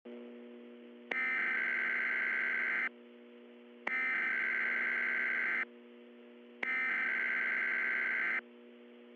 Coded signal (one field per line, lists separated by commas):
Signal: Emergency Alert System (SAME) tones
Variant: header bursts